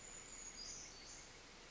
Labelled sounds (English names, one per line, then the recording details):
Brown Creeper
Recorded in Sonoma County, California